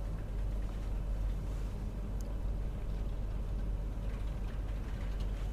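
Steady light rain falls in an unbroken, even wash of hiss over a low rumble, holding the same level throughout with no voices.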